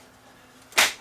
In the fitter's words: all the way closed snapped in place